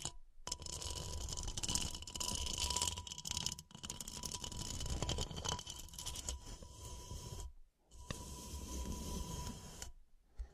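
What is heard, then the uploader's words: Rough, dense scratching runs almost continuously, a gritty rasping texture spread from low rumble to bright hiss. It breaks off briefly near 0.3, 3.7, 7.6 and 10 seconds before resuming. A thin steady tone hums underneath throughout. Pure Scratching.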